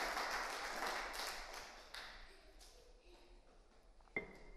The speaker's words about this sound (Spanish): Denle un aplauso al Señor por eso, hermano.